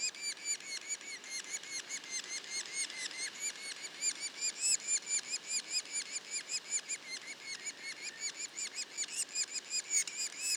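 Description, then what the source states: Yellow-bellied sapsucker calls, a continuous series of short squeaky nasal notes, rising and falling slightly in loudness, about two or three a second. Juveniles, Mont-Orford National Park, Quebec.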